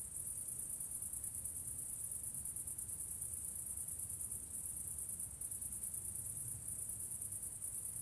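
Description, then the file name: Continuous thin, high cricket trill pulsing steadily, with occasional brief gaps and a quiet low rumble beneath. Crickets recorded near a church. "grillons nve eglise"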